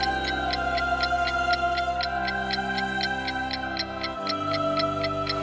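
A clock strikes amid a brisk, even run of bright mechanical ticks, about four per second, layered over steady low humming tones that shift slightly near the end. No voices.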